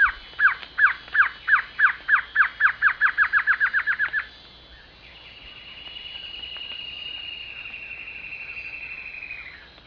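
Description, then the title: Glossy antshrike giving a series of nasal notes that speeds up and ends after four seconds, followed by a long, steady high whine that fades. Subspecies luctuosus, assumed from the recording location. "LuckyPassaro Completos2Sama. Glossy Antshrike (Sakesphorus luctuosus luctuosus (ssp assumed from location))"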